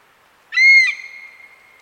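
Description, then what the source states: European honey buzzard alarm call, a single loud, clear whistled note with a sharp start, trailing off into a long, quieter tail in an otherwise quiet setting. Typical alarm call of an adult female perched in a tree, calling at the recordist; small Scottish population, recorded under licence.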